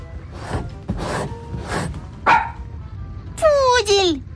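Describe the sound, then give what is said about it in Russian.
A small dog, a poodle, yaps timidly behind a door: a few soft, short yips, followed by a pair of louder, high-pitched whining yelps that slide downward in pitch. “За дверью послышалось робкое, очень деликатное потявкивание.”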